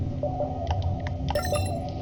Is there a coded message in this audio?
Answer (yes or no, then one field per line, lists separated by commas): no